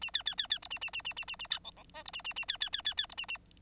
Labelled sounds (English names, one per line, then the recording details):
Bengalese Finch song
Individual Bird9